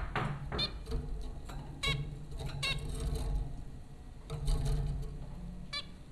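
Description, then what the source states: Zebra finch calls: several short nasal, stacked harmonic notes, given singly and in pairs at irregular intervals, over a steady low hum. Four zebra finches recorded at Popcorn School, Flatbush, Brooklyn, New York, USA, on April 15, 2009.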